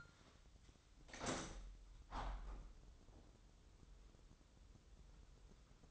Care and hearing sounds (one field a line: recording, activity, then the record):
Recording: daily activity, microphone in the room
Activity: open window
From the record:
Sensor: 3